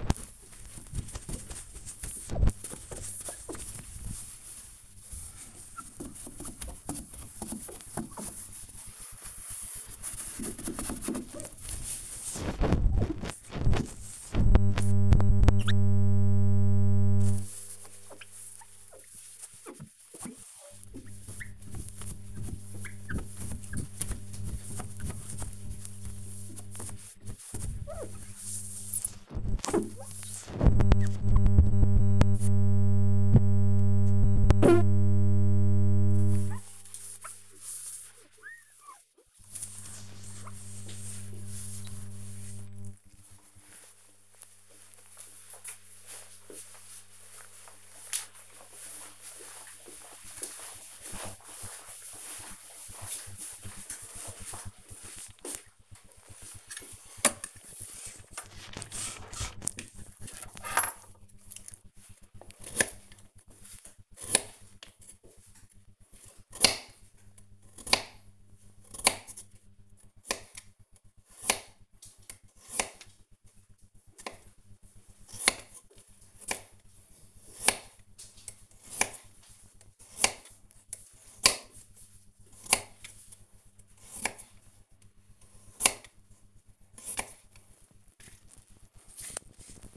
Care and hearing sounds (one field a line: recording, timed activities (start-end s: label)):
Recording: household activities, microphone on the right wrist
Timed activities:
0.00-43.07 s: window cleaning
55.15-89.97 s: cutting vegetables